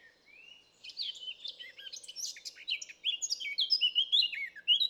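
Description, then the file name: Eurasian blackcap song: a quiet start, then a rapid, rich warble of scratchy chatter mixed with clear fluty notes that grows louder toward the end. "Sylvia atricapilla"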